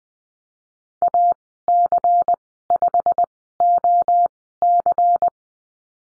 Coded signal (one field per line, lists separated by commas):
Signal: Morse code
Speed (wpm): 20 wpm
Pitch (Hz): 700 Hz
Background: none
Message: AC5OC